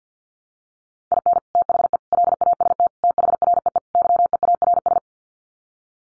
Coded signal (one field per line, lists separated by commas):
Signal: Morse code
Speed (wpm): 50 wpm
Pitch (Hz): 700 Hz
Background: none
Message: IN THE LAST THREE YEARS